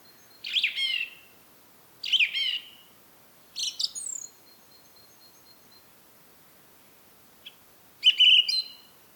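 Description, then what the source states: Song thrush delivering varied loud phrases, rich slurred notes mixed with high squeaky flourishes, three in fairly quick succession, then a longer pause before a final phrase. Recorded at Rambjøra on 30 March 2023 with a Zoom recorder.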